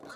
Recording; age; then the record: pig call; piglet (1 to 25 days)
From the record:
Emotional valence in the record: negative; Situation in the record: short isolation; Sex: male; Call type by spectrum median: low-frequency call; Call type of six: low-frequency tonal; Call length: 0.17 s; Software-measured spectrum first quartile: 511 Hz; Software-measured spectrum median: 1140 Hz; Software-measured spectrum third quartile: 1986 Hz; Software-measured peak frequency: 1419 Hz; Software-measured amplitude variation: 98 dB a second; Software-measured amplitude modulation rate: 21.2 a second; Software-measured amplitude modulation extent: 4.6 dB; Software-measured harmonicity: 1.1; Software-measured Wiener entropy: -1.24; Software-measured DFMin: 1054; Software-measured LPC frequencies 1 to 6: 618, 1409, 4168, 6141, 6927, 8404 Hz